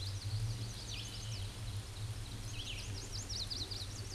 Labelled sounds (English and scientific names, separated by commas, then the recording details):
Hooded Warbler (Setophaga citrina) song
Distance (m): 20 m
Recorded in a Pennsylvania forest on 18 May 2023 at 11:02
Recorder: AudioMoth, point grid1_31_low
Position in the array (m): 134 m, 106 m